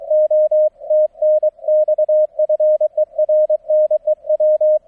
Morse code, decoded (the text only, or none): O TNX FER NEW